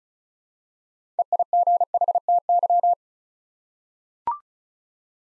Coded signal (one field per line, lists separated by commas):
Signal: Morse code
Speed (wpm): 36 wpm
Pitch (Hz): 700 Hz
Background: none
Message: EIGHTY